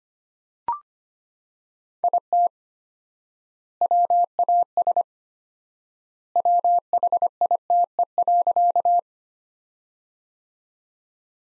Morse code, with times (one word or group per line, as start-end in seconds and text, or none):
2.0-2.5 IT
3.8-5.0 WAS
6.4-9.0 WHITE.